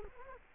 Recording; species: mosquito wingbeat signal from an infrared sensor; Culex quinquefasciatus